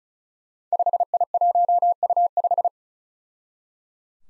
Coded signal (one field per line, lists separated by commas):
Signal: Morse code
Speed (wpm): 36 wpm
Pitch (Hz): 700 Hz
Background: none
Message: 5I1U5